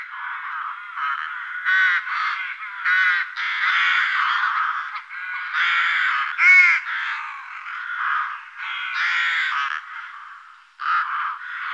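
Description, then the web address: Rook calls, a busy series of harsh, varied caws and croaks, rising and falling in loudness. "IVN Zangvogels. Roek"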